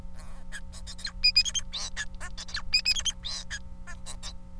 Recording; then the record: song of a male Bengalese finch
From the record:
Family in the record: son of father 4